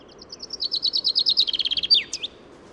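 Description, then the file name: Common chaffinch song: a few spaced high notes, then a descending rattle of repeated notes, finished by a sharp twisting flourish. "Fringilla coelebs"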